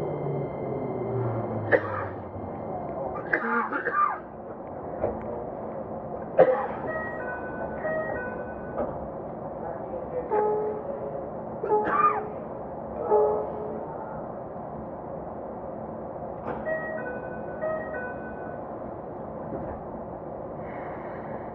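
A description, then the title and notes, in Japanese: A Keikyu 2100 series train rides between Yokohama and Misakiguchi, its steady low rumble filling the whole clip. Short tonal chimes and squeals rise above it every few seconds, near 2, 3.5, 6.5, 12 and 17 seconds, some brighter than others. 京急2100形 横浜〜三崎口。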